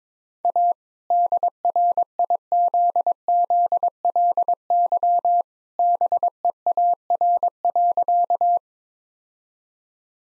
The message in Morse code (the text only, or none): A DRIZZLY BEAR.